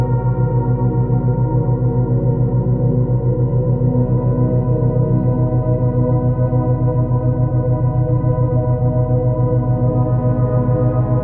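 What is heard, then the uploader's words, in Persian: Binaural beats: a steady, dense drone of layered low and middle tones with a fast, even pulsing running throughout. The deepest tone drops slightly around three seconds in and returns near nine seconds. Nothing else interrupts the hum. 120Hz - 127Hz. ضرباهنگهای دوگانه.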